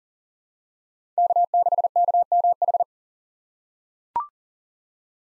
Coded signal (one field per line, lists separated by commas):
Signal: Morse code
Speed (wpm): 40 wpm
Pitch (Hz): 700 Hz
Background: none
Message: K6KMH